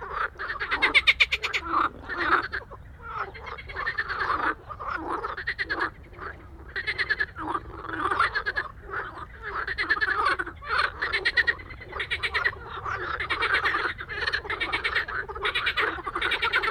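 Frog chorus of raspy, pulsing croaks coming in bursts with short pauses, several callers overlapping throughout.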